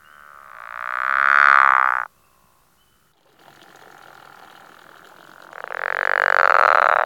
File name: pickerel frog